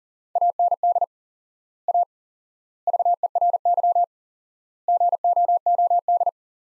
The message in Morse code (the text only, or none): AND A VERY GOOD